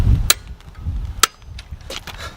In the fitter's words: there's that click hopefully you guys heard that click and now we know that this lug nut is set to 100 pound-feet of torque